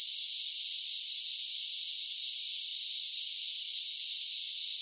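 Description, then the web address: A sizzling cicada song that keeps a constant high buzzing tone with no pauses, and nothing else is heard. Several cicadas singing together. "Blastwave INSECTS Cicadas Sing"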